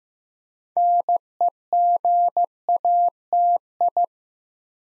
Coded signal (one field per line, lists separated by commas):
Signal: Morse code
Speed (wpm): 15 wpm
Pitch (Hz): 700 Hz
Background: none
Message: NEGATI